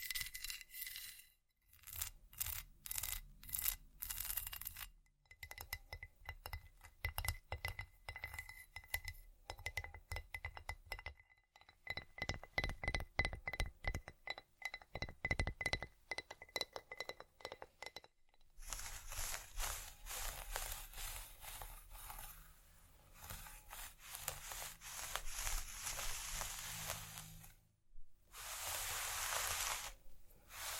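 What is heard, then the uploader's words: Rapid tapping and clinking on wood and glass, with bursts of scratching and rattling, pausing briefly near 2, 5, 18 and 28 seconds. Vinyl,wood,tapping,scratchig,chain,glass,etc.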